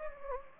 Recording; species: mosquito wingbeat signal from an infrared sensor; Anopheles gambiae